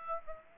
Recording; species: mosquito wingbeat signal from an infrared sensor; Aedes aegypti